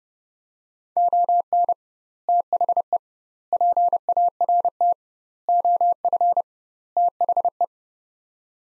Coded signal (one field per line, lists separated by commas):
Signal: Morse code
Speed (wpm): 30 wpm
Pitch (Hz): 700 Hz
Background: none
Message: ON THE PART OF THE